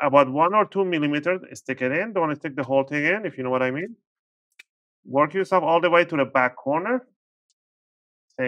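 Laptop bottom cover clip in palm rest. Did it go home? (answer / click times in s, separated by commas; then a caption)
released / 4.6 s. Someone talks while an opening tool is slid one or two millimetres between the plastic bottom cover and the palm rest of an HP Pavilion 14-AV005LA laptop and twisted outward. A short sharp click at 4.6 s marks the retaining clip popping loose, releasing that part of the bottom cover before the talking resumes.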